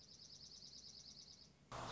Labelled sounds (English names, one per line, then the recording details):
Dark-eyed Junco
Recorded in Sonoma County, California